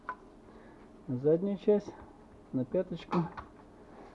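A gain antenna's base, set heel-first onto a tripod mounting platform, has its front "toe" lowered until the spring trigger latch snaps into place with a sharp tick at 0.1 s. Someone then talks over a quiet background. The antenna is seated on the mount.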